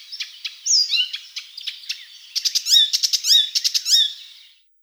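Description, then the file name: Icterine warbler song of rapid, repeated harsh chirps mixed with sweeping whistles, building into a dense stuttering burst before fading. "Hippolais icterina"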